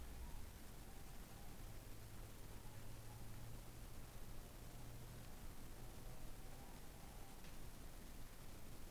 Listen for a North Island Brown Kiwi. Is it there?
no